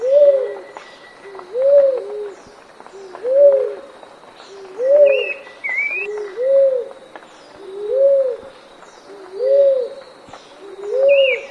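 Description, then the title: A dove repeats a gentle two-note coo, rounded and low, about once every one and a half seconds; faint chirps of other birds appear now and then. "Canto Da Pomba"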